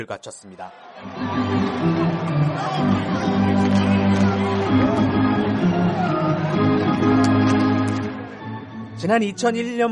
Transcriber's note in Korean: 녹취: 야구장 현장음